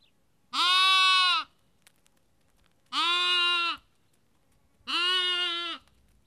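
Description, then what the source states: Sheep lamb bleating: three loud, rich bleats, each about a second long, with quiet between them. Lamb, Kakopetria, Cyprus.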